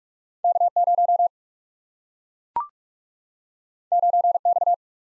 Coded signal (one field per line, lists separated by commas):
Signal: Morse code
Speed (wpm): 44 wpm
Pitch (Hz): 700 Hz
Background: none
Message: K 0 9 X